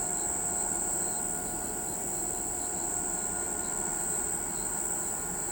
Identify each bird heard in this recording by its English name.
none